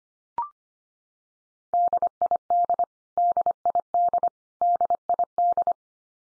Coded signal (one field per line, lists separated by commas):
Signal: Morse code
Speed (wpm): 25 wpm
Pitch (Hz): 700 Hz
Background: none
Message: DID DID DID